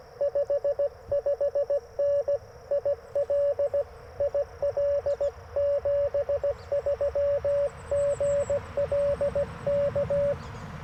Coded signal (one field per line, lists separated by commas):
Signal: Morse code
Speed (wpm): 19 wpm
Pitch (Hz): 590 Hz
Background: radio noise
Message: 55N IL IL 73 GL K